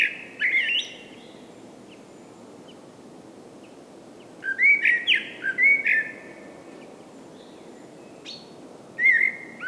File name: Common Blackbird Turdus merula